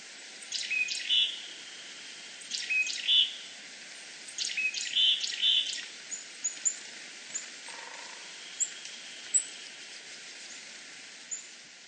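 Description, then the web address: Willow tit giving short high notes in small groups, then scattered softer notes, against faint steady hiss. Recorded at Nasushiobara on 31 March 2015. "koe kogara nasushiobara 150331 hirano"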